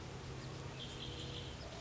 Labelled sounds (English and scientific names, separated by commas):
Red-winged Blackbird (Agelaius phoeniceus)